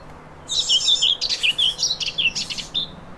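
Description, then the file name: Common whitethroat song: a continuous run of fast, rasping, chattering notes, busy and scratchy, filling nearly three seconds. "mezei poszata hangja"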